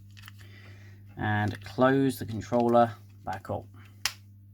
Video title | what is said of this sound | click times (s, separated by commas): Switch Controller STICK DRIFT Repair ANALOG STICK | okay nice nice healthy little click there | 4.0 s